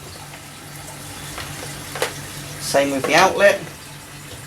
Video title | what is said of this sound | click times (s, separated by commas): FLUVAL FX2 External Filter FULL CLEANING & MAINTENANCE GUIDE - FX4 FX6 Aquarium Canister @fluval | so our inlet valve goes on the end when you press it down make sure it clicks | 2.0 s